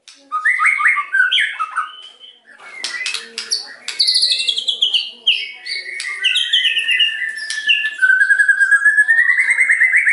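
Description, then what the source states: White-rumped shama singing a long varied phrase: low whistles, scratchy clicks, high buzzy trills, then a rapid repeated note rising steadily toward the end. Used as a lure to provoke a response.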